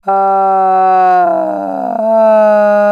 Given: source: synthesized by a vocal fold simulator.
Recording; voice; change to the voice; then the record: sustained vowel; female; asymmetry, level 32 of 51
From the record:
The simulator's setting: 4.10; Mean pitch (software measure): 179 Hz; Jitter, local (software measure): 0.63%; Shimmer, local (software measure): 3.7%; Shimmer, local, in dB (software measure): 0.28 dB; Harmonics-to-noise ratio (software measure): 25.8 dB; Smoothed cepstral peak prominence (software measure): 15.7 dB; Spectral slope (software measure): -23.3 dB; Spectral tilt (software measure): -12.6 dB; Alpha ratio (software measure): -13.8 dB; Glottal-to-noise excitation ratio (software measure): 0.914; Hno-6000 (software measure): 2.8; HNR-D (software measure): 32.8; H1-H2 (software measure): -1.9 dB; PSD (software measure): 1.4e-03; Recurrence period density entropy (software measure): 0.120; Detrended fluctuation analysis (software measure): 0.0244